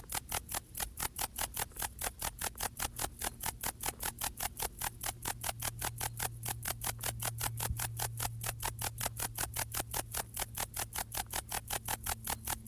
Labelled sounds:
Bog Bush-cricket stridulation
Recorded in the wild
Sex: male
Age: imago
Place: Königswartha, Oberlausitz, Sachsen, DE
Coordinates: 51.3272, 14.3083
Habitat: meadow
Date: 1989-08-10
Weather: sonnig
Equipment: Riporter 6 RG-K, Halbspur, Sennheiser MKH 416 T
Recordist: Frommolt, Karl-Heinz

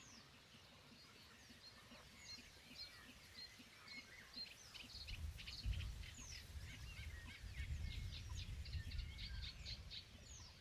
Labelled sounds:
Great Bittern
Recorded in the wild
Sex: male
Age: adult
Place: Kützerhof, Kummerower See, Mecklenburg-Vorpommern, DE
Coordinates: 53.8531, 12.8686
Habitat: wetland
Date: 2010-06-22
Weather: fair, 9°C, weak winds
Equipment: Sound Devices 702, Rode NT1-A Stereopaar
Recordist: Frommolt, Karl-Heinz

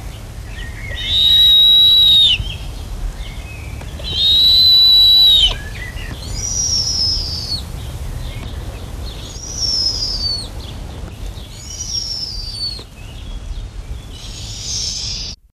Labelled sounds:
Snowy Owl call
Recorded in captivity
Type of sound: call
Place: Zoo Hannover, Niedersachsen, DE
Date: 1974-07-05
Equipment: Halbspur, 9,5 cm/s
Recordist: Lütgens, Hans
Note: Fünf sind geschlüpft am 04.-08.06.1974, jetzt am 05.07.1974

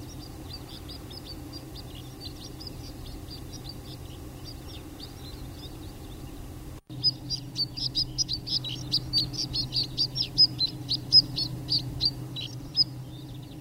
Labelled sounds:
White-winged Snowfinch
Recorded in the wild
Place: Glocknergebiet, AT
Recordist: Brunner, Thomas

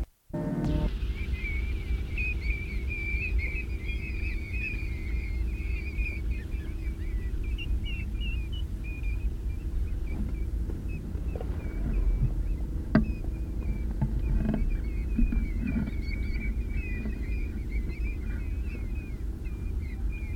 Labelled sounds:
European Golden Plover call
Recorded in the wild
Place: Schaprode, Insel Rügen, Mecklenburg-Vorpommern, DE
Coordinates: 54.544, 13.146
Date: 1975-09-20
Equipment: Nagra III BH, Sennheiser MD 21, parabola
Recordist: Schubert, Michael
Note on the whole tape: 1000-2000 Goldregenpfeifer fliegen ab

